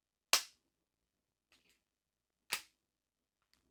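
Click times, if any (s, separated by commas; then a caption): 0.3 s. A single-dose Zepbound injector pen is pressed flat against the skin, and its purple button is pushed to activate it. A loud, sharp activation click sounds at 0.3 s, followed by faint ticks near 1.5 s and 3.5 s and another sharp hit at 2.5 s. The pen has clicked on activation, confirmed at 0.3 s.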